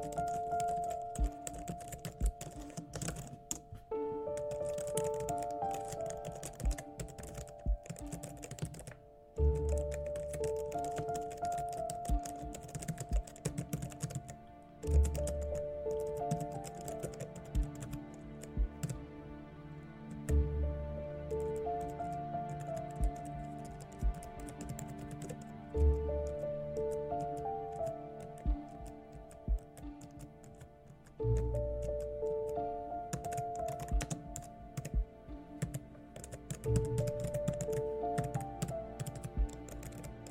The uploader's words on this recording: Hacker room ambience | cyber crime | computer hacking | Mysterious suspense vibes.